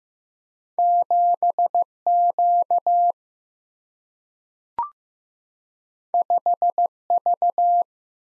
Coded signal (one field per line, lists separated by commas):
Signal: Morse code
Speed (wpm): 15 wpm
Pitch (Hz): 700 Hz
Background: none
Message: 7Q 5V